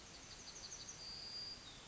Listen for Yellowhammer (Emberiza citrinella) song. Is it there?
yes